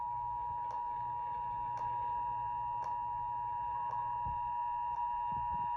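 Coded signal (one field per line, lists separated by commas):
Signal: Emergency Alert System (SAME) tones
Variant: 853 and 960 Hz attention tone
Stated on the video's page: SAME tones of a North Carolina Required Monthly Test on WSKY-TV, received over poor university cable TV with breakups.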